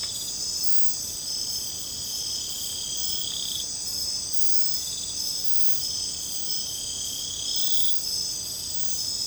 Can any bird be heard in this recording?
no